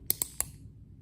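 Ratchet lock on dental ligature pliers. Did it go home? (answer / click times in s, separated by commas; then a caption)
released / 0.1 s, 0.2 s, 0.4 s. Locked metal Mathieu (ligature) pliers for dental ligatures are squeezed so their ratchet lock releases. Three sharp, bright clicks sound at 0.1, 0.2 and 0.4 seconds, the first the loudest, then only faint low background noise. The pliers click completely open and release.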